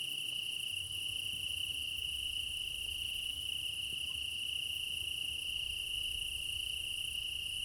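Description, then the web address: Continuous cricket chorus, a bright high trill steady from start to finish, with a thin higher shimmer and a faint low background. Meadow at night in Crimea in summer; quad ambience recorded with ORTF microphone pair offset by 3 m, front pair. "Alexander Kopeikin - Quad ambience of Crimea in summer 20 meadow night ambience, crickets, ortf offset by 3 m, front"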